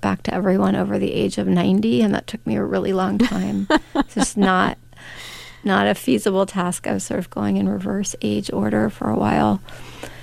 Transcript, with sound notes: I wrote back to everyone over the age of 90 and that took me a really long time.
(Laughter).
It's just not a feasible task. I was sort of going in reverse age order for a while,